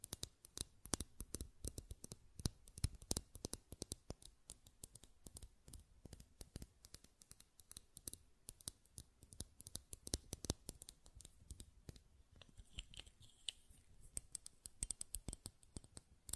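Buttons are clicked and tapped in a quick, uneven stream of sharp, dry snaps that continue for the whole stretch, sometimes bunching into rapid bursts. Around the thirteenth second a faint, thin, bright tone sits briefly behind the clicking.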